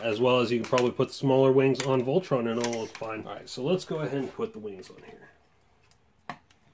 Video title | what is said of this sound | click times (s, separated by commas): Ultimate Voltron 14" Electronic Figure - Playmates Toys Review - Voltron Legendary Defender | just snap into the back there | 6.3 s